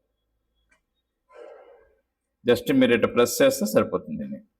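A plastic ATX power cable connector is being pressed into a motherboard's power header; a faint tick is heard near 0.7 s, then a soft handling rustle, and then someone talks. The connector has not latched yet, and nothing has seated or clicked.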